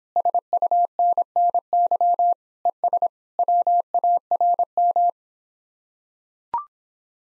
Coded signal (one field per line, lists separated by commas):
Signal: Morse code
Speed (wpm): 26 wpm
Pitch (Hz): 700 Hz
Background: none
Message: SUNNY ES WARM